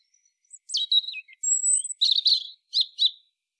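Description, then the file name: European robin singing a short phrase of thin, high warbles and a long pure whistle, followed by quick sharp trills and two bright descending notes. "Erithacus rubecula"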